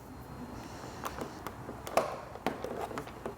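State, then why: Seated. A plastic handlebar cover is pressed home into the handlebar housing of a Vespa Primavera or Sprint scooter, with some adjustment to line up the seams. Light handling taps and scrapes are followed by sharp plastic snaps at 2.0 s and 2.5 s. The cover is seated in place.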